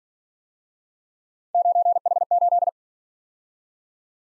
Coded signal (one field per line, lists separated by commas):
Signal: Morse code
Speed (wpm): 46 wpm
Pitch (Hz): 700 Hz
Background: none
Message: 9H8